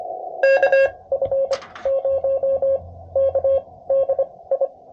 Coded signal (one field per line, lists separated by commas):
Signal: Morse code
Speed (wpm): 25 wpm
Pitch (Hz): 540 Hz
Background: radio noise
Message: K F 0 K D I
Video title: A Straight Key, Bug and Paddle walk into a POTA